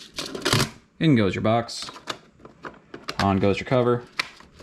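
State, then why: Not seated. A printed plastic cover is handled and pressed toward a silica desiccant dry box inside an AMS filament feeder unit, as a tight fit around the edges. Someone talks between short handling knocks and rustles. The clip ends before the cover snaps on, so nothing has seated or clicked yet.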